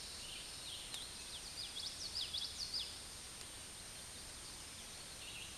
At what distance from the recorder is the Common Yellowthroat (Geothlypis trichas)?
about 20 m